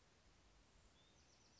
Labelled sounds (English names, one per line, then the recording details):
Bewick's Wren
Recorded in Sonoma County, California